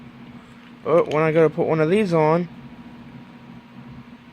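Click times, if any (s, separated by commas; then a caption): none. Someone talks while trying to put a replacement mouthpiece onto a Hebe Titan 2 vape device, with a steady low hum underneath. Nothing has clicked or latched yet in this clip; the replacement mouthpiece fails to latch and falls right off.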